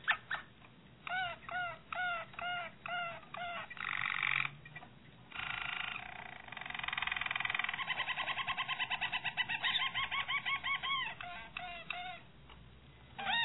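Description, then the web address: Harz Roller canary singing a varied song of rapid repeated notes, rolling trills and brief pauses, the phrases shifting in speed and tone. Harz Roller breed of canary. "~joaopt canarios racas canto harzerv"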